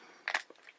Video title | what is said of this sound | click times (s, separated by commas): WWE CODY RHODES ULTIMATE EDITION | there we go so those about so those are both snapped down right there | 0.3 s